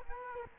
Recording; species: mosquito wingbeat signal from an infrared sensor; Culex quinquefasciatus